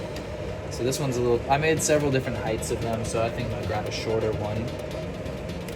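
A plastic retaining cap is being handled before it goes onto a circuit board mounting peg, with several heights available and a shorter one being picked. Someone talks over a steady background hum while the cap is handled. Nothing has seated or clicked yet.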